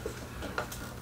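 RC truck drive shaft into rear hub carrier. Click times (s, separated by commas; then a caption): 0.6 s. An RC truck drive shaft is put back into the aluminum rear hub carrier and turned until it engages. A single sharp click sounds at 0.6 s as the shaft seats in the hub carrier, over a quiet low background.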